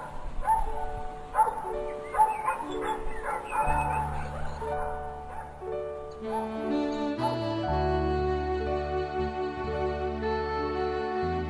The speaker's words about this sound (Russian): Дина была так счастлива, увидев Давида, а Ералаш от радости лаял, лаял и лаял.